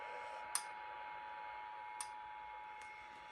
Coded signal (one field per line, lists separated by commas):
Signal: Emergency Alert System (SAME) tones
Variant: 853 and 960 Hz attention tone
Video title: Los Angeles County Monthly EAS Test (+ Untoned Bulletins over KIH31) (EAS #1,096-1,102)